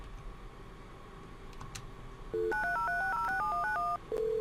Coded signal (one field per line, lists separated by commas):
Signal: DTMF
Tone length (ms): 130 ms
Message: 93036067191